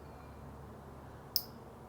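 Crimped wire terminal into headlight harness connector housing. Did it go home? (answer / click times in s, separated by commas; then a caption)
yes / 1.4 s. A crimped wire terminal on a red wire is pushed into a plastic headlight harness connector housing during rewiring. Against a steady low background hiss, a single sharp click is heard at 1.4 seconds as the terminal seats in the housing.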